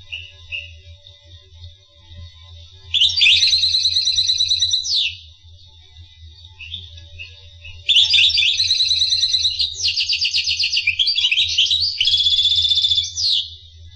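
Finch song in two bursts of rapid, high buzzy trills, the second longer with several linked trill sections; quiet soft chirps between and a low background hum.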